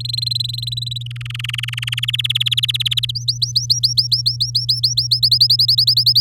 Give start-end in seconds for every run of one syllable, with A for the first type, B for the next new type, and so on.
0.00-1.03 A, 1.06-2.00 B, 2.02-3.11 C, 3.15-5.07 D, 5.11-6.21 E